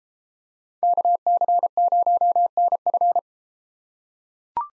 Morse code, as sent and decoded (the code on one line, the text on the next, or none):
-.- -.-. ----- -. ..-.
KC0NF